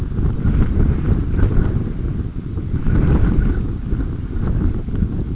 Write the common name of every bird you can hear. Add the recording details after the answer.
none. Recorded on Arctic tundra, site UTQI-5, on 26 June 2018. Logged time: 20:00